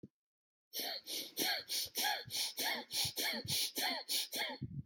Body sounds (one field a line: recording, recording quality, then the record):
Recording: shallow breathing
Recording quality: excellent, no background noise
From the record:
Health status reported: exposed to COVID-19, no respiratory illness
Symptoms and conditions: none ticked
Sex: male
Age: 41 years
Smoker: not ticked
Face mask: not worn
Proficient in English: yes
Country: United States